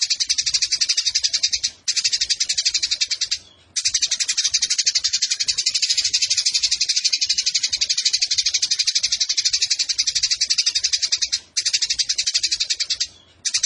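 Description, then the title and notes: Eurasian tree sparrow delivering extended bouts of fast, grating high chirps, separated by a few short breaks. Fighting-style sparrow with long 'nembak panjang' shooting chatter and clear voice, used as a tutor recording for birds entered in song competitions. "GEREJA TARUNG NEMBAK PANJANG SUARA JERNIH. Burung Gereja"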